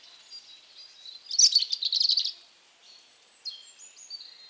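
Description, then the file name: European robin giving one bright, jumbled high phrase, then a few faint, thin sliding whistles. "Erithacus rubecula"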